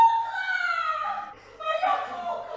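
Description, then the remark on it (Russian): A child, the heir Tutti, cries loudly over his broken doll in high, drawn-out wails: one long sob sliding downward in pitch, a brief catch of breath, then a second strained wail. “Это плачет наследник Тутти.”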